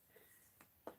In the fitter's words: get that little click